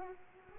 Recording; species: mosquito wingbeat signal from an infrared sensor; Culex pipiens